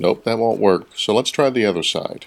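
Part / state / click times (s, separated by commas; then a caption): laptop battery into laptop battery compartment / not seated / none. Someone talks while handling a Dell laptop battery at its compartment, trying one orientation that doesn't fit before turning it to the other side. Nothing has seated or clicked yet; the battery is not yet home in the compartment, and the release latch has not locked it in place.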